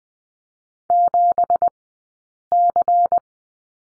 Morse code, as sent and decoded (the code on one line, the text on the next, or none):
--... -.-.
7C